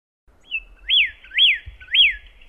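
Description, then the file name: Pyrrhuloxia song: a short whistled intro, then three loud slurred notes rising and falling, about half a second apart, with faint low rumble beneath. "suara kicauan burung pyrrhuloxia. omkicau"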